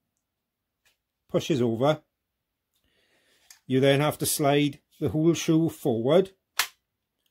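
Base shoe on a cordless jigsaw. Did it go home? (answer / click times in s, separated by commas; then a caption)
yes / 6.6 s. Someone talks while sliding the metal base shoe of a DEWALT DSC331-N cordless jigsaw forward into its detent, before tilting it for bevel cuts. A loud, sharp click at 6.6 s shows the shoe has seated.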